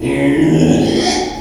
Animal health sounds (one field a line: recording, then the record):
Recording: squeal of a Yucatan mini pig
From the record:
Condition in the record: after surgery on the right vocal fold (resection and tissue-engineered implant)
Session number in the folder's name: 2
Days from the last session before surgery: 13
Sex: male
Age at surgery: 12 weeks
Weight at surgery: 13 kg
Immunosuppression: cyclosporine, prednisolone